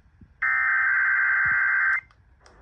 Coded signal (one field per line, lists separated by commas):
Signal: Emergency Alert System (SAME) tones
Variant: header bursts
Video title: EAS 6240-6243 KDKA EAS TEST From 09/29/24